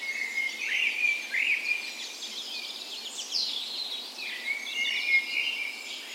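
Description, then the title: Birds in a dawn chorus, several singers overlapping with bright warbled phrases and high twittering, bursts of song swelling and fading throughout. Spring dawn chorus in a park west in Bergen, Norway, morning of 17 May, Norway's National Day; recorded with Sony PCM A10 and LOM micro Usi mics as tree ears. "17th Of May Dawn Chorus"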